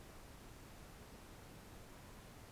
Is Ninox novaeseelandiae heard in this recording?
yes